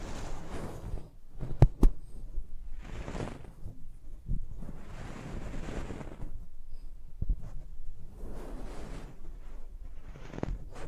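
Close-up mic treatment: scraping, rustling swells rise and fall roughly every two seconds, with quieter gaps between them. Sharp clicks and knocks cut in near 1.6 and 1.8 seconds, again around 7 seconds and near the end, over a low rumbling undertone.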